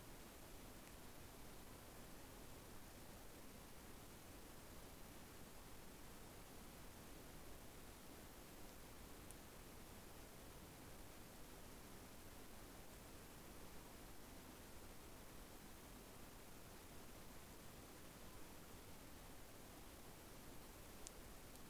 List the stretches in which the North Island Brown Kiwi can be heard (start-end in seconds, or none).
none